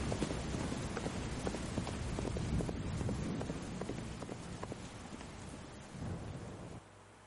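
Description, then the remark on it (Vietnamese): A horse, Hắc công tử, gallops hard with a rider at night in the rain, its rapid hoofbeats thudding in a steady rhythm through heavy rain and low rumbling thunder, then dropping away near the end, leaving only the storm. “Nghĩ đến đây hắn không dám chần chừ thêm nữa, mà kệ mưa to gió lớn, khoác áo ngoài lên, dắt Hắc công tử ra khỏi nhà đá, lên ngựa giật cương phi như bay trong đêm mưa.”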